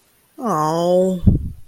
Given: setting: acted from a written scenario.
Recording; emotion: vocal sound without words; embarrassment